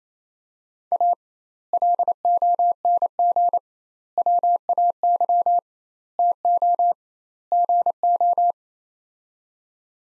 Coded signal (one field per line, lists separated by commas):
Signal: Morse code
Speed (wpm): 28 wpm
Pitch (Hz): 700 Hz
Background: none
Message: A LONG WAY TO GO